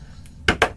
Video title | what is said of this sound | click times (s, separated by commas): U.S. Presidential Dollars and the American Presidency | there you go it just pops right in | 0.5 s, 0.6 s